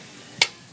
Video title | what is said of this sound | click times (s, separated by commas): 2003-2007 Dodge Ram 5.9 Cummins diesel injector replacement | drop it down in the hole we'll press down firmly till we hear it pop | 0.4 s